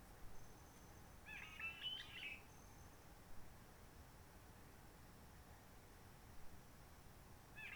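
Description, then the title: Réunion bulbul song: a brief warbling, chattering phrase near the start and another beginning at the end, with a thin continuous high whine and soft background hiss. Roche Merveilleuse, Réunion; forest quiet since 19 March 2020, no people, microlights or helicopters; sunny blue sky; birds not very active; sings simpler, short phrases adapted to noise pollution. "Roche Merveilleuse, Réunion - Merle de lîle de la Réunion."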